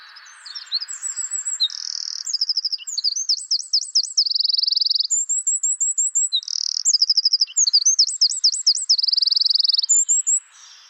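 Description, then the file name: Eurasian wren song, loud and very high: a rapid run of sharp notes, zigzag trills and buzzy rattles, the sequence repeated without a clear break. "Troglodytes troglodytes"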